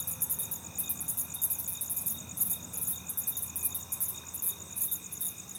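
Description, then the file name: Cricket producing bright, high pulsed chirps in clusters of several beats, backed by a steady high tone and little other noise. "grillo"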